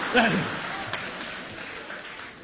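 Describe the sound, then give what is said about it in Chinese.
An audience at a crosstalk (xiangsheng) comedy show claps in a steady, dense wash of applause that holds for a couple of seconds, with a brief voice rising over it at the very start. “您先别着急鼓掌，这都不算什么”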